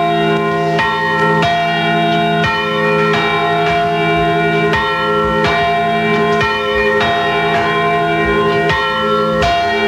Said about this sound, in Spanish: Estamos en Palma de Mallorca. Suenan ahora las campanas de la parroquia de San Jaime.